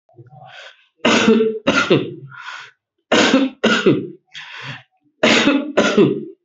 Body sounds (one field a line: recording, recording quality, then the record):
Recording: heavy voluntary cough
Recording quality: excellent, no background noise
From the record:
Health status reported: healthy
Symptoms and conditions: none ticked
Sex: male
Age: 54 years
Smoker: not ticked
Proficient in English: yes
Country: India